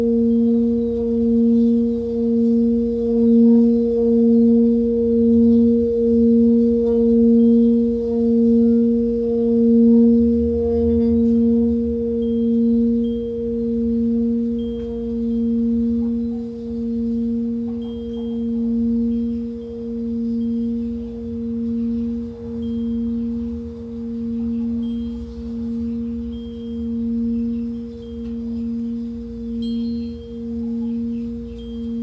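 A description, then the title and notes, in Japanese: A singing bowl hums with a steady, sustained ring: a low fundamental and a clear upper overtone hold throughout. The tone pulses in slow, regular waves of loudness, gradually softening over the clip, with faint low rumble and scattered light clicks underneath. 真夜中の シンギングボウルのサウンドヒーリング ライブ。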